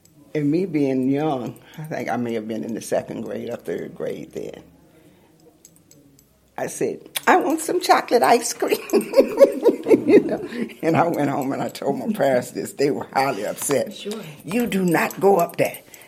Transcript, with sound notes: And me being young–I think I may have been in the second or third grade–I said “I want some chocolate ice cream”. (laughter) And I went home and told my parents this. They were highly upset. They said, “You don’t go up there!